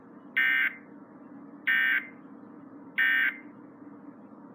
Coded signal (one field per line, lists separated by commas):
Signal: Emergency Alert System (SAME) tones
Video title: Unexpected captures from 6/25/20 EAS# 102-107